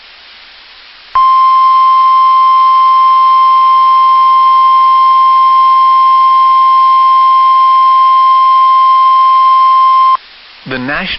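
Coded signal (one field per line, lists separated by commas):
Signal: Emergency Alert System (SAME) tones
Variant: 1050 Hz attention tone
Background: speech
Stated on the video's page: Real tornado warning captured from the Park Rapids, Minnesota NOAA Weather Radio transmitter.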